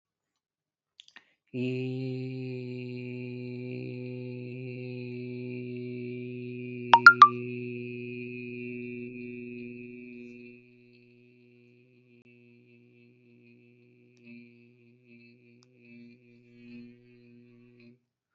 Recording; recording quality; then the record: sustained vowel as in beet; excellent, no background noise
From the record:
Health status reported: healthy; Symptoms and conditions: none ticked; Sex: male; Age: 27 years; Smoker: not ticked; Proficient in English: yes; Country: India